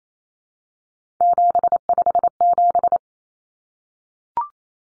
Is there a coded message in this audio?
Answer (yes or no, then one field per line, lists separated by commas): yes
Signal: Morse code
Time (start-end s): 1.2-3.0 s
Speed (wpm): 28 wpm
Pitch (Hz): 700 Hz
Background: none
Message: 757